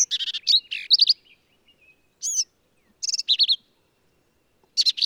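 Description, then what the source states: Black-capped vireo delivering rapid runs of chattering, slurred notes in short bursts, with one brief harsh note between phrases. Male; endangered species; varies phrases, truncating, embellishing or running several together; lively, emphatic performance; Kerr Wildlife Management Area, Hunt, Texas hill country.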